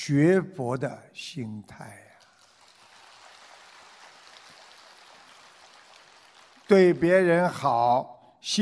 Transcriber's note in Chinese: 掌声